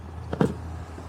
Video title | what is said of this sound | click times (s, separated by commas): New Footwell Lights for my Model Y + Rear Door Emergency Release + Some Updates | there you go and you'll hear the little snap | 0.3 s, 0.4 s